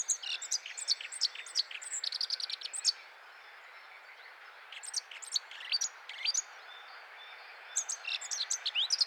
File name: Sylvia atricapilla